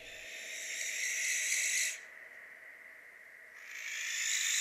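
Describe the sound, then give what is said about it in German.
An owl gives a long, drawn-out, breathy call, breaks off for about a second and a half, then starts again, steady and fairly loud with no other sounds. “Eule verweist auf die heulenden Rufe.”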